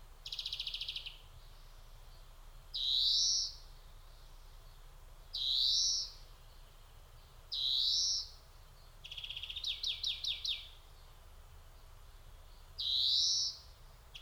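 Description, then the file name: European greenfinch giving buzzy trills and long drawn-out wheezes roughly every two to three seconds, plus a rapid series of sharp twittering notes midway. "Chloris chloris"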